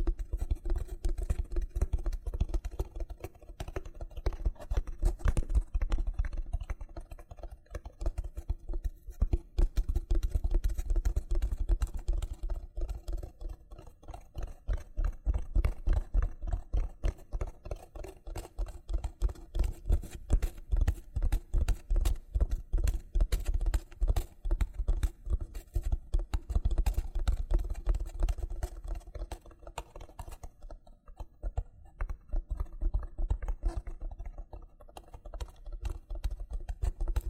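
Loofah being scrubbed and peeled produces a dense, steady run of rapid crackling and popping clicks, heavy in the low end throughout.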